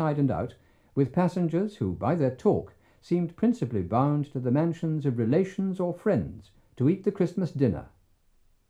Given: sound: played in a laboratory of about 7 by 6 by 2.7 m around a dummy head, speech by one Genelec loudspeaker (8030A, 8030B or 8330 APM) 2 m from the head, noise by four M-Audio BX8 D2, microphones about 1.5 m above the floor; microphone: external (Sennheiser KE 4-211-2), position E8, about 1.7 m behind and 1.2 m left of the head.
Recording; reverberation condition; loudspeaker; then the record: male speech in English; low; 150 degrees to the left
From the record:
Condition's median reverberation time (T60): about 310 ms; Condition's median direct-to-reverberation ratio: about 3.5 dB